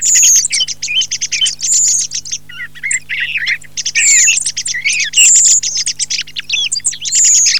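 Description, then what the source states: Thrush song: dense, varied, high phrases of whistles, rapid twitters and sharp squeaky notes, delivered almost continuously with short pauses; a low steady hum runs underneath. Filtered.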